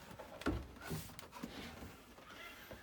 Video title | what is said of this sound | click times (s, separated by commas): Attaching a Dell Optiplex Micro PC to an E-series Monitor | can attach your monitor platform bracket it'll snap in place and | 0.4 s, 0.5 s